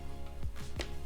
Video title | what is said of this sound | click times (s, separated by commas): Apple iPhone 12 /12 Pro Magsafe Charger | and there snaps into place you can see now | 0.8 s